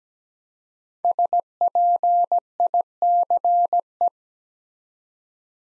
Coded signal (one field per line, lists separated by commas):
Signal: Morse code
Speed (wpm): 17 wpm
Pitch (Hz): 700 Hz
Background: none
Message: SPICE